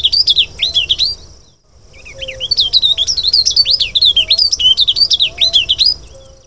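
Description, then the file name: Rufous-vented prinia song, a fast stream of high, twisting whistled notes that pause briefly, then resume in a long warble, over a faint low hum. "prinia burnesi omkicau"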